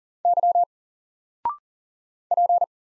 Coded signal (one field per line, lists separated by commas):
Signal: Morse code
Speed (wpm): 40 wpm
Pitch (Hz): 700 Hz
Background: none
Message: Y P